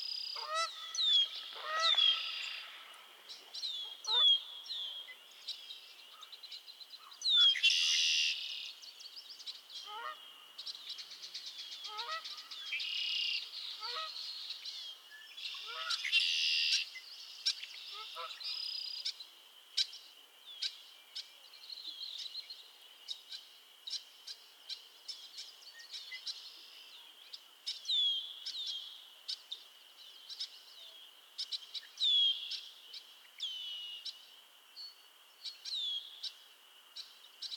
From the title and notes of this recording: Theraphonia - Frogsong at Miners Marsh. A chorus of frogs croon to one another on an idyllic summer evening in Miners Marsh, Annapolis Valley, Nova Scotia.